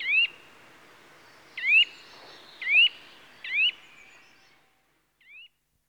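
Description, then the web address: Eurasian nuthatch giving loud upslurred whistled calls, four spaced irregularly, then a single fainter call after a brief silence. "BBC Sound Effects Library. Nuthatch (Sitta Europaea) Calls"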